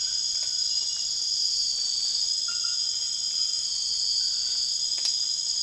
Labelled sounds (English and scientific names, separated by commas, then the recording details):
none
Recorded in secondary vegetation near Puerto Asís, Putumayo, Colombia, on 30 June 2025 at 21:30
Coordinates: 0.485, -76.322
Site GP06